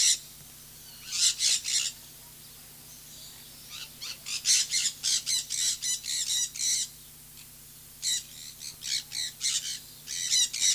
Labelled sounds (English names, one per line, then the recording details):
Sun Parakeet call
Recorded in captivity
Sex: group
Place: Zoo Leipzig, Sachsen, DE
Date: 2003-10-01 14:26
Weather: heiter, 14°C
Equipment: Fair Mate ST-1328 (Asahi Electronics, Japan), Sennheiser ME 80, Kopie Uher 4000 Report Monitor
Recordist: Tembrock, Günter